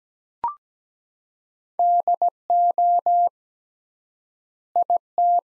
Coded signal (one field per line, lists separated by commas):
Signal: Morse code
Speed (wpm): 17 wpm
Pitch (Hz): 700 Hz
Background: none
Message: DO IT